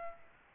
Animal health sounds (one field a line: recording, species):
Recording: mosquito wingbeat signal from an infrared sensor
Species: Aedes albopictus